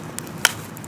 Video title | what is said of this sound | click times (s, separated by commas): Pose-N-Stay Skeleton - Wolfman Reviews | these lock into place as you can hear that it makes that noise when they lock into place | 0.2 s, 0.5 s